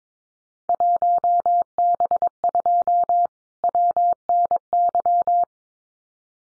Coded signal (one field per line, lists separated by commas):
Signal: Morse code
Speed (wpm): 22 wpm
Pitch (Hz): 700 Hz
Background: none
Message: 1B2 WNY